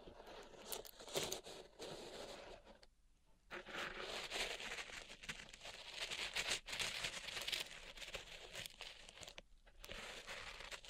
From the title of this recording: Pink Salt Zen Garden Triggers